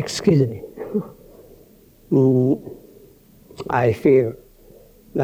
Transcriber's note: laughs